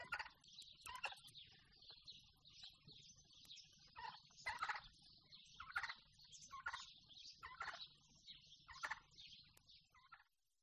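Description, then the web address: Domestic turkeys gobbling: repeated bursts of rapid, rattling gobbles, one roughly every second or so, over a steady low hum. Turkeys outdoors, in the open air. "indyuki na otkrytom vozduhe"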